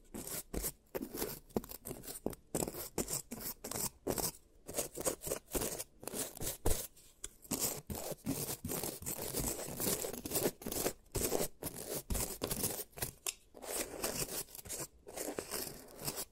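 Giant teeth treatment: busy scraping and snipping sounds in quick irregular bursts with brief pauses, crisp and bright, continuing throughout.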